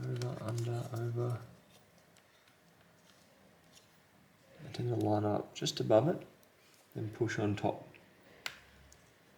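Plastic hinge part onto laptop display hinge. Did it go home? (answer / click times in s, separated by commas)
yes / 8.5 s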